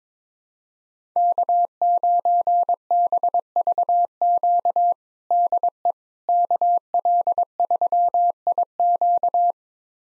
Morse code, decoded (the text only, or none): K9BVQ DE KL3IQ